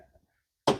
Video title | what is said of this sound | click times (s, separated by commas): 2023 FOREST RIVER WILDWOOD 26 DBUDX STOCK#13426 | click in place and then when you turn that it allows the flow of propane | 0.7 s